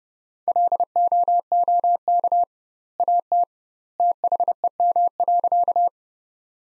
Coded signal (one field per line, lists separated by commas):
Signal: Morse code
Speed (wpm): 30 wpm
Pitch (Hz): 700 Hz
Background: none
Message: LOOK AT THEM.